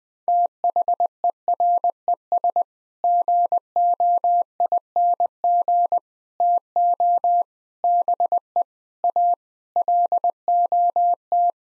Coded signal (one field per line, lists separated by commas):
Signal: Morse code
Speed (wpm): 21 wpm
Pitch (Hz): 700 Hz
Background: none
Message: THERES GOING TO BE A LOT